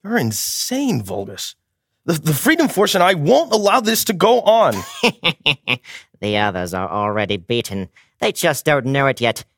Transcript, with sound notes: You're insane, Volgas! The Freedom Force and I won't allow this to go on!
[LAUGHS] The others are already beaten. They just don't know it yet.